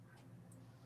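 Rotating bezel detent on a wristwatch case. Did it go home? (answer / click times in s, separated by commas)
yes / 0.5 s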